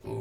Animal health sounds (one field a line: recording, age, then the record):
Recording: pig call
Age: weaner (32 to 43 days)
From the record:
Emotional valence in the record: negative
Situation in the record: short isolation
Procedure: open field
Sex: female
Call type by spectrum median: low-frequency call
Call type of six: low-frequency stable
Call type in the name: low-frequency stable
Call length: 0.22 s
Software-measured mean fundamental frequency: 54 Hz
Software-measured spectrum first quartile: 131 Hz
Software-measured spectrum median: 312 Hz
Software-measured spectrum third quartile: 461 Hz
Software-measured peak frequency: 386 Hz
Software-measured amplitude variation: 143 dB a second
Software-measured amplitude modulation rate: 16.2 a second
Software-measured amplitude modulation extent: 8.8 dB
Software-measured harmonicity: -1.3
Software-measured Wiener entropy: 0.04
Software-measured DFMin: 705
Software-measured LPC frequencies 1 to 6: 377, 885, 2450, 4067, 5350, 6673 Hz